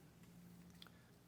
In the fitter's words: when you slide that in pop clips right in nice and easy